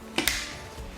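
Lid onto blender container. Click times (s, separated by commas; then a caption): 0.2 s, 0.3 s. A lid is fitted onto a Vitamix blender container, the right way round, and pressed down. Two sharp clicks are heard at 0.2 s and 0.3 s as it seats into place. After that comes a faint low hum.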